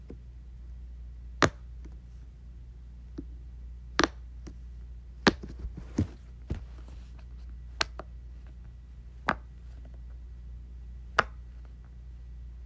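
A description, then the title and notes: Someone plays with a Pop-It, pressing out sharp, crisp pops one at a time at an uneven pace, roughly every one to two seconds. Softer clicks fall between the louder pops, and a steady low hum runs underneath throughout. ASMR Playing with my Pop-It.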